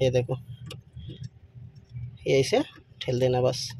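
A metal lock clip is being fitted to the pushrod pin of a truck clutch master cylinder (Ashok Leyland BS4 4019) during refitting, as the pin is pushed into place. Someone talks throughout, with a few faint, short ticks of handling around 0.7 s, 1.2 s and 1.8 s. Nothing has seated or clicked yet.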